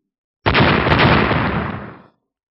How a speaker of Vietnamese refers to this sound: Vũ trụ nổ vang, khắp ngân hà rung chuyển, từng ngôi sao băng hóa thành bột phấn, mà 7-8 viên hành tinh nhỏ đều bị bàn tay màu xanh này bóp vỡ.